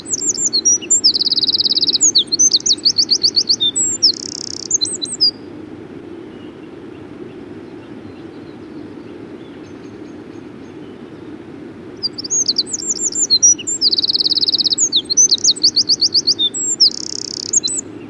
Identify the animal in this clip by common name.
Eurasian Wren